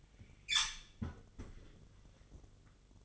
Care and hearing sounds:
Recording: daily activity, microphone in the room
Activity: close fridge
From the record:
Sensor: 4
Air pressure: 1008.6 hPa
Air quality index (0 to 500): 76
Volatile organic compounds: 1 ppm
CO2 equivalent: 634 ppm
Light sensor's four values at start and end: 13/31/12/13 and 15/34/14/14

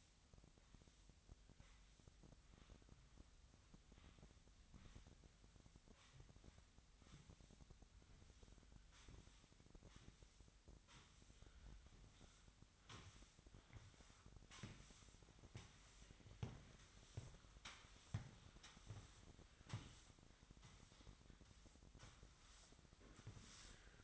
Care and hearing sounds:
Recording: daily activity, microphone in the room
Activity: sweep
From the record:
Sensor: 3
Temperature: 25.2 degrees Celsius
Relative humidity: 38.4%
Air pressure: 1001.6 hPa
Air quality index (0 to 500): 224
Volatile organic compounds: 31 ppm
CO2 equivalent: 2978 ppm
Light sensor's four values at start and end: 11/35/15/13 and 11/34/15/12

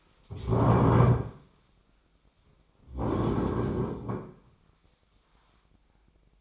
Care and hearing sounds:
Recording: daily activity, microphone in the room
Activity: stand up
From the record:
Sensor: 1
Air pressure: 1009.3 hPa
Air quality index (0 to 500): 178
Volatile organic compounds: 3 ppm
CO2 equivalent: 1505 ppm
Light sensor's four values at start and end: 45/121/50/60 and 42/112/47/55

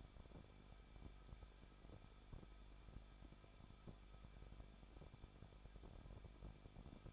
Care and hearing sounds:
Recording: daily activity, microphone in the room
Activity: no activity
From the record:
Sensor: 5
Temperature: 20.9 degrees Celsius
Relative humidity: 38.2%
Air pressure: 1006.4 hPa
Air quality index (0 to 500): 187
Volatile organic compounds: 18 ppm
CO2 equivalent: 2626 ppm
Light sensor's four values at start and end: 2/3/1/1 and 2/3/1/1

